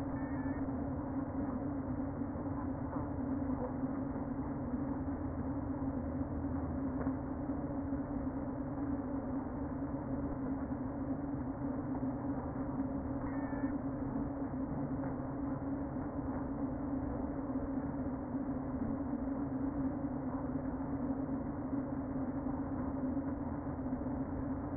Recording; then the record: honeybee colony, microphone inside the hive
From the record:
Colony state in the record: queen present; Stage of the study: before two queens were removed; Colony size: about 60,000 bees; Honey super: yes